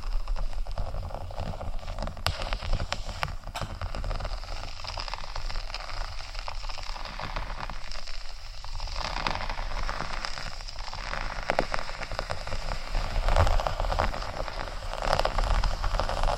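Faux leather is scratched in a steady, dense run of rough, crackly rasping that sounds almost like rain. Level holds fairly even throughout, with a few sharp clicks near 2, 3 and 11 seconds and a low steady hum underneath.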